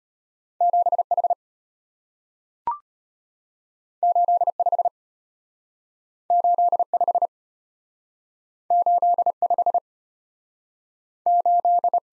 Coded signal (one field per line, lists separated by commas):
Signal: Morse code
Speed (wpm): 34 wpm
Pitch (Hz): 700 Hz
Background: none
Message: 7H 85 85 85 8